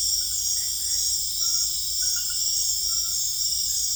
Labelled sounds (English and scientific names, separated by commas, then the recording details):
none
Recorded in secondary vegetation near Puerto Asís, Putumayo, Colombia, on 20 December 2024 at 21:00
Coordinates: 0.488, -76.319
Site GP04